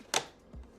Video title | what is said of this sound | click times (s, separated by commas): 2016 F150 Sync 3 Upgrade to 12” CARABC Screen - OEM System FULLY Kept! MUST WATCH | face plate till it clicks in. | 0.2 s